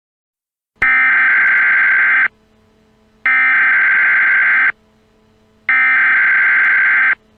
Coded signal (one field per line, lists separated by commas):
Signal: Emergency Alert System (SAME) tones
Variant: header bursts